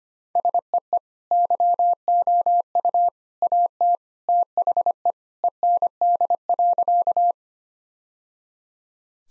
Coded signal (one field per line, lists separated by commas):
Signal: Morse code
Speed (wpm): 25 wpm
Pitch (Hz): 700 Hz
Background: none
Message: SEE YOU AT THE END.